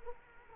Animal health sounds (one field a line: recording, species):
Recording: mosquito wingbeat signal from an infrared sensor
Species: Culex quinquefasciatus